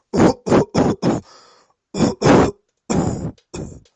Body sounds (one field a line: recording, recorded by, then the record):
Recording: voluntary cough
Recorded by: messaging app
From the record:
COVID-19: negative